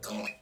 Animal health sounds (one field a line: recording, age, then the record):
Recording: pig call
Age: piglet (1 to 25 days)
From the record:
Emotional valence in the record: negative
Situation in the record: restrain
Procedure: back test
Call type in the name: low-frequency call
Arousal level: maximum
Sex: male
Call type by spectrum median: low-frequency call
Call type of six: mixed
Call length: 0.42 s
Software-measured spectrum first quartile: 433 Hz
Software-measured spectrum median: 1554 Hz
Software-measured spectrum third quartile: 3642 Hz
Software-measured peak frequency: 2502 Hz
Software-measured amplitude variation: 133 dB a second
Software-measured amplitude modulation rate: 17.8 a second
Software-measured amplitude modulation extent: 7.5 dB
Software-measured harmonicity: 2.5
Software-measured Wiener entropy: -2.16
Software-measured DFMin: 1202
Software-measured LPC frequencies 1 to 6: 553, 2508, 3470, 4361, 4932, 6008 Hz